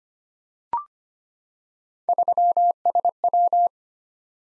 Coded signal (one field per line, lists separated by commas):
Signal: Morse code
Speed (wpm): 25 wpm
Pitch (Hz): 700 Hz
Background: none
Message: 3SW